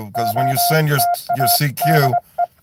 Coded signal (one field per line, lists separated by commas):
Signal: Morse code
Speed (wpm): 22 wpm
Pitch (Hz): 700 Hz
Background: speech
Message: OTA DE